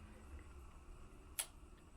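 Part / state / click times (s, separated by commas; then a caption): numbered cable plug into battery pack connector / seated / 1.4 s. Cable number 2 is pushed into its connector on the wiring of a XIHO 16 kWh battery pack over a low steady background hum. A single sharp, bright click sounds at 1.4 s, and the connector is seated and latched.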